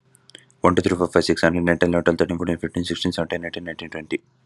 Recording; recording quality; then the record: counting at a fast pace; excellent, no background noise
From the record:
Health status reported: recovered from COVID-19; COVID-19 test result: negative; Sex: male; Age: 26 years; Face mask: not worn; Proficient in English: yes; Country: India